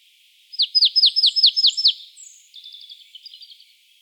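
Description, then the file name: Marsh tit calling: a quick run of seven sharp, high, downslurred notes, then a softer, buzzier stretch of repeated notes trailing off. "Poecile palustris"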